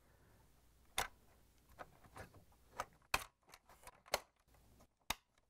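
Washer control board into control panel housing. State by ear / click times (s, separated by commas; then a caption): seated / 1.0 s, 3.1 s, 5.1 s. A GE WH12X10468 washer control board is pressed back into its plastic control panel housing, and its three plastic locking tabs snap in one after another. Three sharp clicks land at 1.0, 3.1 and 5.1 seconds, with quieter plastic ticks and rustles in between. The board is seated in place.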